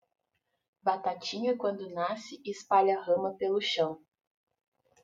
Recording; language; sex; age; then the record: short text; Brazilian Portuguese; female; 30 to 39 years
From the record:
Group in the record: control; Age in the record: 31 years